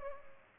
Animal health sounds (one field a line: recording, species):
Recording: mosquito wingbeat signal from an infrared sensor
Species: Culex pipiens